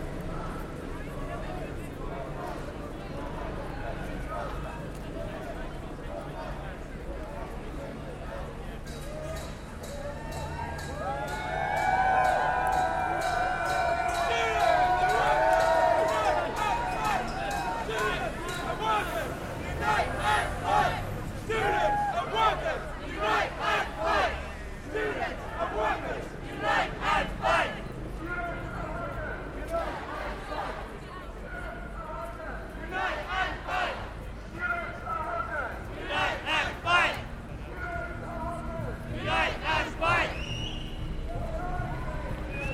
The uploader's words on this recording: Demostration, student gathering against the cuts - Binaural Composition, London. This is a binaural audio recording.